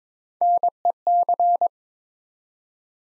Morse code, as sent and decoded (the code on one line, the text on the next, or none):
-. . -.-.
NEC